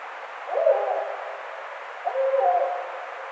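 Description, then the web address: Barred owl giving two separate hooting notes about one and a half seconds apart, against a hissing background. Recorded 11 April 2009. "Barred Owl 2009 04 11"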